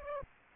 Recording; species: mosquito wingbeat signal from an infrared sensor; Aedes aegypti